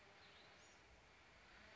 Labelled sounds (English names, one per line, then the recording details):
Bewick's Wren
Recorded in Sonoma County, California